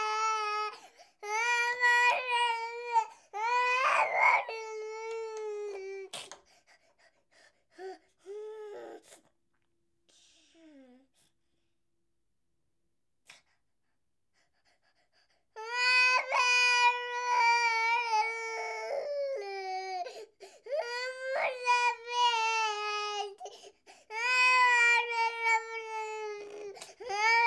Baby crying.